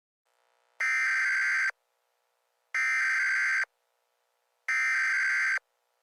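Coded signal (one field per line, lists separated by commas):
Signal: Emergency Alert System (SAME) tones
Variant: header bursts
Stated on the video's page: Fictional remastered Christmas-themed EAS scenario, not a real alert.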